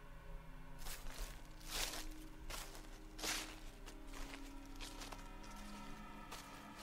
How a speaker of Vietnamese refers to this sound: có âm thanh như là tiếng bước chân vọng tới từ phía sau.